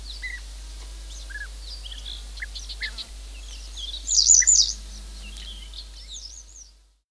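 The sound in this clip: Bird song with many quick high chirps and short whistles, a loud jumbled twittering phrase past four seconds, then fading notes over light background noise.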